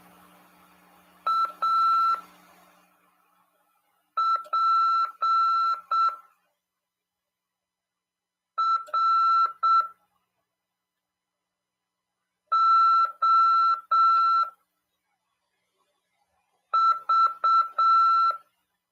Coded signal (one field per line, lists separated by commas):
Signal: Morse code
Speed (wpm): 7 wpm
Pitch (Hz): 1340 Hz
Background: none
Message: A P R O V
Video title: RADIOAMADOR 1/11/2022 "AULA 25: CW, LEGISLAÇÃO e C.RODADA" 146.410Mhz PY2EXU PAULO SP/SP CRASP/RAF.